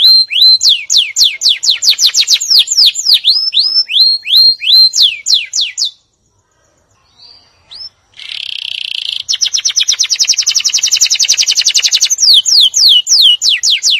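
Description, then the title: Canary song: rapid runs of high, downward-sweeping whistled notes, a pause of about two seconds, then a loud buzzy roll and more fast sweeping trills. "Kenari"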